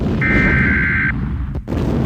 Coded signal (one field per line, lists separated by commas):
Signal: Emergency Alert System (SAME) tones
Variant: header bursts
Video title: Obliterated (EAS Scenario)